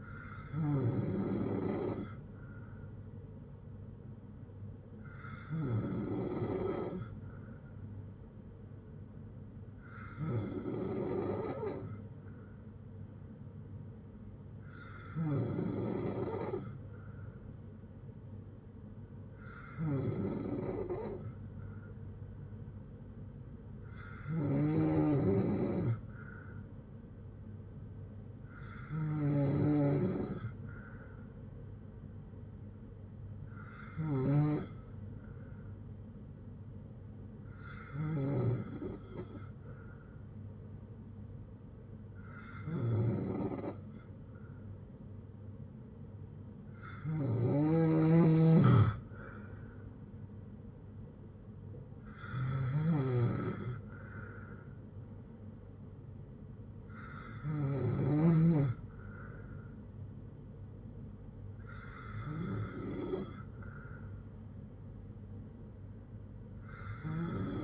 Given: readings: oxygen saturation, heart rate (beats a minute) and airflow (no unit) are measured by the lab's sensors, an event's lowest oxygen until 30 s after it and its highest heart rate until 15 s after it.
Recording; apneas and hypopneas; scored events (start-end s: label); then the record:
breathing in sleep by a smartphone at the bedside; none
none scored
From the record:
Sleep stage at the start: N3 (deep sleep); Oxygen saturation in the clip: 93 to 94%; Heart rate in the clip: 58 to 68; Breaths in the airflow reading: 14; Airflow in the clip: -6.5 to 5.2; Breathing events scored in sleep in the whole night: 182 in 7.4 hours asleep